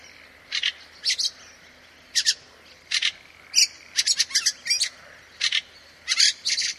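Bird calls: short, harsh high chirps given singly and in quick pairs or triplets, spaced unevenly over a faint background hiss.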